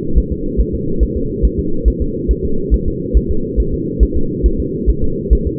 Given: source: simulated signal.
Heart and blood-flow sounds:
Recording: fetal heart sounds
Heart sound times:
0.18 s: S1
0.32 s: S2
0.60 s: S1
0.74 s: S2
1.03 s: S1
1.17 s: S2
1.45 s: S1
1.59 s: S2
1.88 s: S1
2.02 s: S2
2.31 s: S1
2.45 s: S2
2.74 s: S1
2.88 s: S2
3.17 s: S1
3.31 s: S2
3.60 s: S1
3.74 s: S2
4.03 s: S1
4.17 s: S2
4.46 s: S1
4.60 s: S2
4.89 s: S1
5.04 s: S2
5.33 s: S1
5.47 s: S2
From the record:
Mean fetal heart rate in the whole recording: 140 bpm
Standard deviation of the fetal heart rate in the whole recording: 2 bpm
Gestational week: 34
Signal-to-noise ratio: -8.1 dB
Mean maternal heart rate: 72 bpm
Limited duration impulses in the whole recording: absent

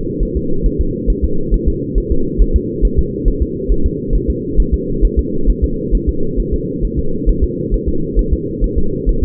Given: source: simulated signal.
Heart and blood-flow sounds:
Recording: fetal heart sounds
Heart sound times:
0.23 s: S1
0.37 s: S2
0.66 s: S1
0.81 s: S2
1.10 s: S1
1.24 s: S2
1.54 s: S1
1.68 s: S2
1.98 s: S1
2.12 s: S2
2.41 s: S1
2.56 s: S2
2.85 s: S1
2.99 s: S2
3.28 s: S1
3.42 s: S2
3.71 s: S1
3.86 s: S2
4.15 s: S1
4.30 s: S2
4.60 s: S1
4.74 s: S2
5.05 s: S1
5.19 s: S2
5.50 s: S1
5.64 s: S2
5.95 s: S1
6.09 s: S2
6.40 s: S1
6.54 s: S2
6.85 s: S1
6.99 s: S2
7.29 s: S1
7.44 s: S2
7.74 s: S1
7.88 s: S2
8.19 s: S1
8.33 s: S2
8.64 s: S1
8.78 s: S2
9.09 s: S1
9.23 s: S2
From the record:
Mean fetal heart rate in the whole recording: 135 bpm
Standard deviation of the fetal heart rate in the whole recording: 3 bpm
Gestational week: 36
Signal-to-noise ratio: -8.1 dB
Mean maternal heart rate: 72 bpm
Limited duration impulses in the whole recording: absent

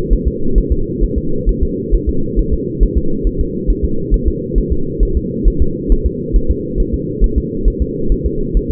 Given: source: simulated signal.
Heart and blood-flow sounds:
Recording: fetal heart sounds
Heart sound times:
0.13 s: S1
0.27 s: S2
0.58 s: S1
0.72 s: S2
1.03 s: S1
1.18 s: S2
1.49 s: S1
1.63 s: S2
1.94 s: S1
2.09 s: S2
2.39 s: S1
2.53 s: S2
2.83 s: S1
2.98 s: S2
3.27 s: S1
3.41 s: S2
3.70 s: S1
3.84 s: S2
4.14 s: S1
4.28 s: S2
4.58 s: S1
4.72 s: S2
5.03 s: S1
5.17 s: S2
5.48 s: S1
5.62 s: S2
5.92 s: S1
6.06 s: S2
6.36 s: S1
6.51 s: S2
6.80 s: S1
6.94 s: S2
7.24 s: S1
7.38 s: S2
7.68 s: S1
7.82 s: S2
8.12 s: S1
8.26 s: S2
8.57 s: S1
8.71 s: S2
From the record:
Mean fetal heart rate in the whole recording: 135 bpm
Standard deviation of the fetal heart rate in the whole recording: 3 bpm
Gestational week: 36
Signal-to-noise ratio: -8.1 dB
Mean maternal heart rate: 72 bpm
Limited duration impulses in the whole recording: absent

